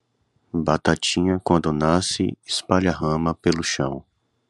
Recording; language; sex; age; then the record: short text; Brazilian Portuguese; male; 30 to 39 years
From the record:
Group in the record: control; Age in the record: 36 years